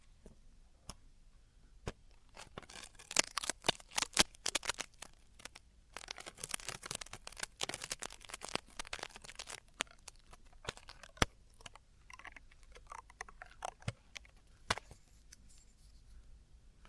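Traditional Chinese ear cleaning and earwax removal, heard as a dense run of sharp scratching and crackling clicks. The clicks come in quick irregular bursts with brief pauses near 2, 6 and 12 seconds. A faint low hum stays underneath throughout.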